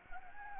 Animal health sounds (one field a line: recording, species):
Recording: mosquito wingbeat signal from an infrared sensor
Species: Anopheles gambiae